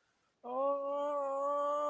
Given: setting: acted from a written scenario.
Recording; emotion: vocal sound without words; pain